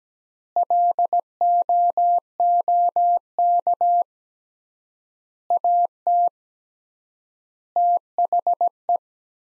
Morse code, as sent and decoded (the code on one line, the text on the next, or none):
.-.. --- --- -.- / .- - / - .... .
LOOK AT THE